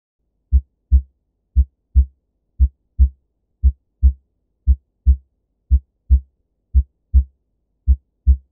Normal Heart Sound. The main normal heart sounds are the S1 and the S2 heart sound. The first heart sound (S1) results from the closing of the mitral and tricuspid valves. The second heart sound is produced by the closure of the aortic and &nbsp;pulmonic valves.